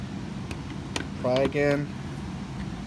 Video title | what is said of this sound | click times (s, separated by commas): QuickTip BitBin holder install (How to install the bit, jiggsaw or Dremel holders in the Bit Bins) | again you hear it pop okay I went a little too far | 1.0 s